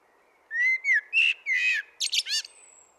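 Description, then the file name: Common blackbird phrase: a slow, mellow whistled note that dips, a few fluty warbles, then a burst of high shrill twittering and a fading thin whistle. "Turdus merula"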